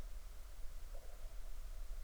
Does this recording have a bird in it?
no